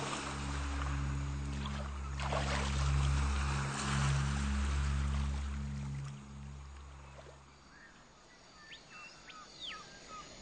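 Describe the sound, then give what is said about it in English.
Steady wash of sea waves under a deep, droning engine hum that fades out near the end, leaving the surf alone with a few high bird chirps. “Over the dark curves of the world, the moon pulls and pulls again, easing Simon out to sea.”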